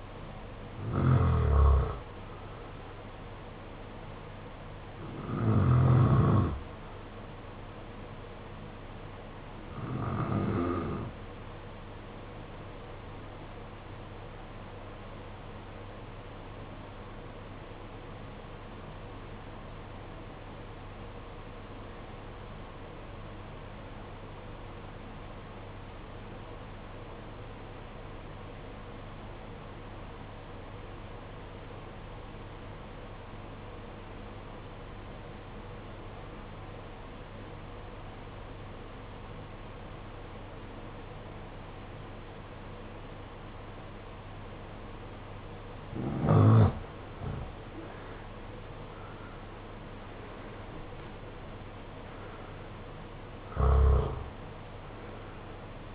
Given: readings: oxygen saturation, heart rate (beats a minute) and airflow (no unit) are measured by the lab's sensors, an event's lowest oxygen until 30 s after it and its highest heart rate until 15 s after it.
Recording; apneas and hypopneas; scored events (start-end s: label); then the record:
breathing in sleep by a voice recorder at the bedside; 1
15.00-47.20 s: obstructive apnea (REM, oxygen 95% highest, then 75% lowest, heart rate 53 at the start, 78 highest)
From the record:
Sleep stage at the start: REM sleep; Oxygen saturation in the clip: 75 to 95%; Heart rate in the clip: 52 to 78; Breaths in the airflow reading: 7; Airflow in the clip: -15.9 to 14.7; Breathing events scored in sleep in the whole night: 476 in 9.7 hours asleep